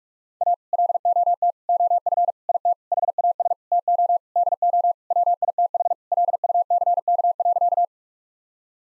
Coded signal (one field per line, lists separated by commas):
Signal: Morse code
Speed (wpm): 46 wpm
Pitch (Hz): 700 Hz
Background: none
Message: A LOT OF IT HAS TO DO WITH LUCK.